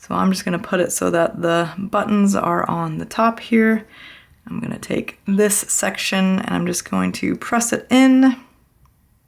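Someone talks while lining up one end of a marine band with the case lug of a white Galaxy Watch Ultra, buttons facing up, and begins pressing it in. Near the end, only faint handling noises are heard against near silence. The band has not seated or clicked into the lug yet.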